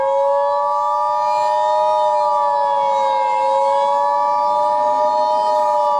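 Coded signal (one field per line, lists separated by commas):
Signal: Emergency Alert System (SAME) tones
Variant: 853 and 960 Hz attention tone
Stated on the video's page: Fictional World War 3 EAS scenario.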